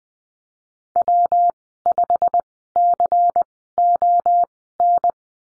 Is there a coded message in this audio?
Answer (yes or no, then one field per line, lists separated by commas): yes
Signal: Morse code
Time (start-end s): 1.0-5.1 s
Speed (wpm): 20 wpm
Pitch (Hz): 700 Hz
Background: none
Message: W5CON